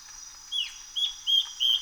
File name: Yellow browed antbird